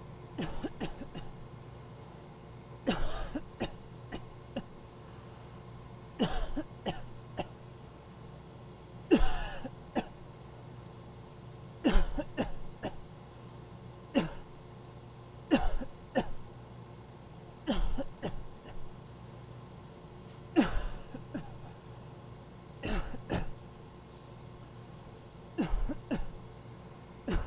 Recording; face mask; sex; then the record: voluntary coughing; surgical mask; male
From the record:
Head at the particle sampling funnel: turned sideways, cheek in front of it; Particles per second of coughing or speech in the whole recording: 1.19